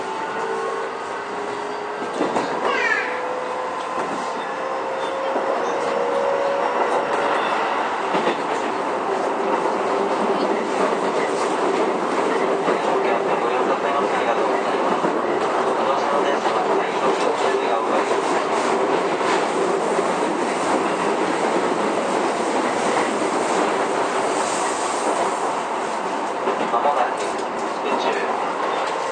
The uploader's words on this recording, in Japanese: 京王9000系 高尾山口〜つつじヶ丘。快速つつじヶ丘行を録音。